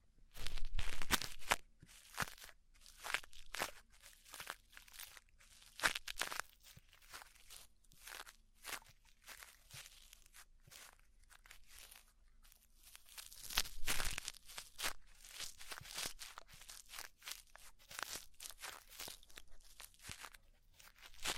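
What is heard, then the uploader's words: Deep ear cleaning sounds made of dense, crackly scraping and crunching bursts that come in rapid, irregular clusters throughout. Sharp, bright crackles cut through, with louder flurries near the start and around fourteen seconds, and brief quiet gaps between strokes. ASMR Deep Ear Cleaning Session.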